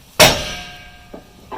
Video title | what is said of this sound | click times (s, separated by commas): Home Away From Home Rental RV Takedown Instructions | it'll snap into place | 0.2 s